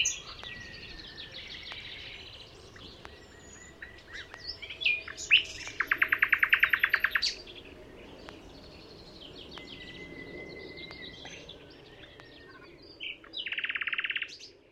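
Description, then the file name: Common nightingale song, varied whistled and buzzy phrases broken by pauses, with a loud rapid run of repeated notes midway and a dense trill near the end. "Luscinia megarhynchos"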